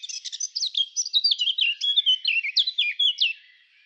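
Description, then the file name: Eurasian blackcap song: a fast, continuous warble of high slurred notes running for over three seconds, then stopping. "Sylvia atricapilla"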